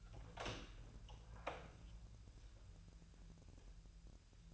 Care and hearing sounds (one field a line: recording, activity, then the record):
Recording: daily activity, microphone in the room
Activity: open door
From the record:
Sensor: 2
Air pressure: 1001.1 hPa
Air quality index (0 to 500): 250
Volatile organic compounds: 93 ppm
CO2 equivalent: 3708 ppm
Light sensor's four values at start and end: 10/23/10/10 and 10/24/10/10